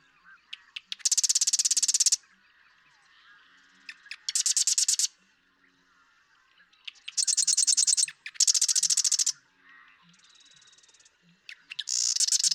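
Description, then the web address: Marsh Wren song: rapid buzzy, rattling trills about a second long, each opened by a few clicks, repeated every few seconds with quiet pauses between. "birdsongforthecurious Marsh Wren"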